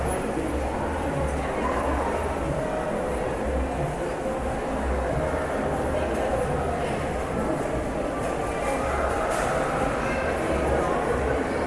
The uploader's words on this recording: MALL AMBIENT NOISE.